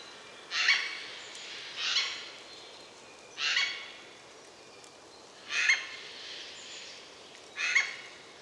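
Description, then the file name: Eurasian jay uttering a series of five harsh, grating screeches, irregularly spaced one to two seconds apart, with low background hiss. "Garrulus glandarius"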